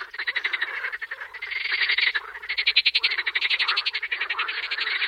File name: Kecskeb ka